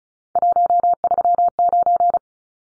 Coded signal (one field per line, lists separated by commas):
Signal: Morse code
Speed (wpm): 34 wpm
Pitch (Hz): 700 Hz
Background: none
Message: 139